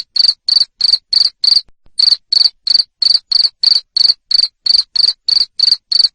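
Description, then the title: Cricket giving sharp, high chirps in quick regular succession, broken once by a short gap, against a silent background. Loud cricket chirping played to stimulate lovebirds to keep singing (ngekek). "Suara JANGKRIK NGERIK Keras Bikin LOVEBIRD Jadi NGEKEK Terus Vubey"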